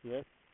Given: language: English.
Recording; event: throat vibration sensor signal played as sound; speech